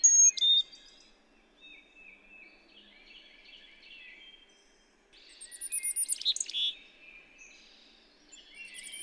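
Carolina chickadee giving a high whistled note that drops in pitch, then a busy run of buzzy, chattering notes, with quieter buzzy calls between.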